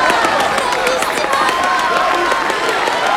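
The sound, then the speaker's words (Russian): A theatre audience gives a standing ovation after a stage performance, sustained, loud applause, a dense wash of many hands clapping without pause, with a murmur of voices mixed into the steady roar. “Шип присоединяется к ней и зрителям во время стоячей овации.”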